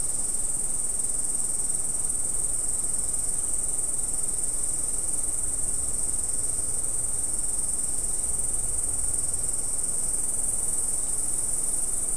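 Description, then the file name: Insect chorus as one unbroken, shrill high-pitched buzz that never pauses or changes pitch, with faint low background hiss underneath. "mainly insect"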